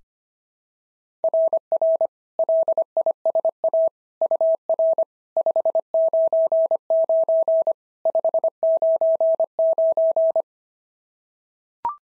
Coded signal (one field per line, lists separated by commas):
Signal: Morse code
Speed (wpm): 22 wpm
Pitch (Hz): 650 Hz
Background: none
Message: RR LISA UR 599 599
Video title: SOTA QSO Practice 25wpm